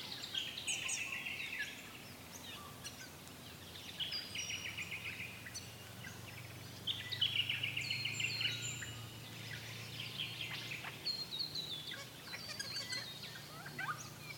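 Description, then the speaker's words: Regent honeyeater giving rapid bursts of high, metallic warbling and ringing notes, repeated in clusters with short pauses between, over soft background noise. Critically endangered, endemic to southeastern Australia, about 300 left in the wild; breeding areas Bundarra-Barraba and Capertree Valley, affected by the 2019-2020 Australian bushfires. "And hear the sound of the regent honeyeater."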